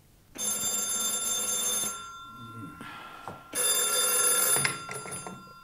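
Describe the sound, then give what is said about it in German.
An old-style telephone bell rings in two long, loud bursts with a short pause between, its bright metallic trill dense with high overtones, followed by a handset being picked up, as the call wakes Inspector Wensley of Scotland Yard. “Wenig später wurde Inspektor Wensley von Scotland Yard aus dem Schlaf geklingelt.”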